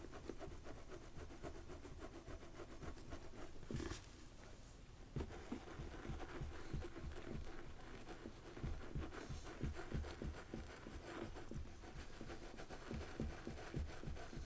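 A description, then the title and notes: Continuous rubbing of a scalp massage, with fingers working through hair in a dense, scratchy rhythm of quick strokes. The friction stays steady throughout, with brief sharper scrapes near four and five seconds and a slight easing just before four. ASMR Relaxing Scalp Massage.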